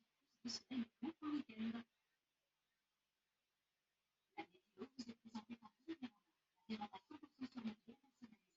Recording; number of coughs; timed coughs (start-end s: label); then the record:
no coughing; 0
none
From the record:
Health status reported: healthy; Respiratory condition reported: no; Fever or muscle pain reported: no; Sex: female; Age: 53 years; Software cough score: 0.12